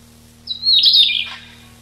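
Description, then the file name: Siberian rubythroat song: a single brief, slurred warbled phrase falling at its end. Recorded 6 July 1991. "6 07 91 Ccalliopa"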